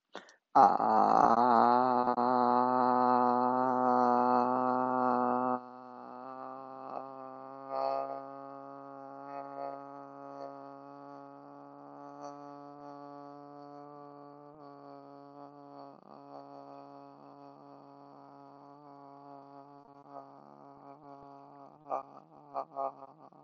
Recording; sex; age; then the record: vowel held as long as possible; male; 20 to 29 years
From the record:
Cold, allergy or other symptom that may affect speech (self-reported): no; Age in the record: 22 years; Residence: Wisconsin, United States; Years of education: 14